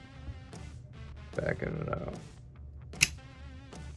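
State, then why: Seated. A punch holds down the slide lock spring on a Glock 17 Gen 5 while the metal slide lock is pushed into the pistol frame, with someone talking and music playing underneath. A sharp metallic click at 3.0 seconds marks the slide lock snapping into place, seated.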